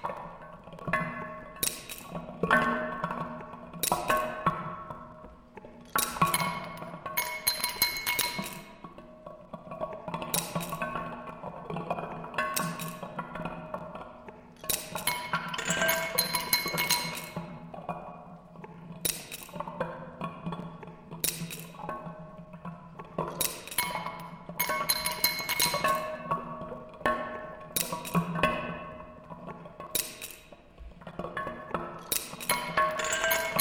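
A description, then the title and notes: Ice cubes are dropped into glasses and a mug, each drop a sharp bright clink with a short ringing tail. The hits come in irregular bursts every second or two across the whole stretch, over a low steady hum. I recorded some ice cubes dropped into different glasses and a mug with a Zoom H1, looped them with SooperLooper, played around with speed and levels thanks to a mapped Xone:K1 controller, and further edited the output and other samples + mixed it all into Audacity.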